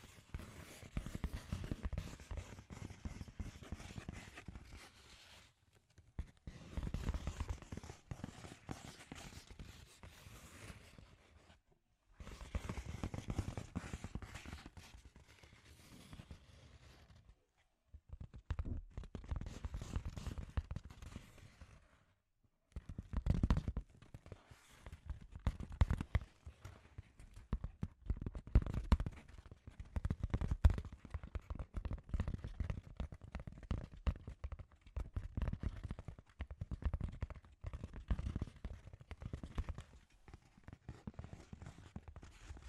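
Scratchy tapping comes in dense bursts of rapid, irregular taps and scrapes, each stretch lasting a few seconds before short silent gaps near 6, 12, 17 and 22 seconds. The sound is mostly low and thumpy with a dry, rough edge, growing busier and louder after the midpoint.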